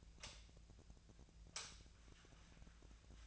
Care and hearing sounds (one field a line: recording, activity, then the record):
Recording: daily activity, microphone in the room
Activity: light on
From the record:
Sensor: 2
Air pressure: 1009.7 hPa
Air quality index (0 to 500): 181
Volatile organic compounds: 10 ppm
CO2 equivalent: 2254 ppm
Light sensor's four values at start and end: 27/65/28/31 and 32/84/35/37